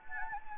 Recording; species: mosquito wingbeat signal from an infrared sensor; Anopheles gambiae